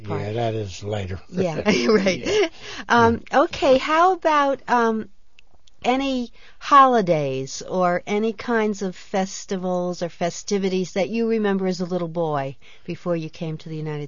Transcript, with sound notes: Yeah that is later.
Yeah. Right. (both laugh) Um okay how about any holidays or any kinds of festivals or festivities that you remember as a little boy before you came to the United States.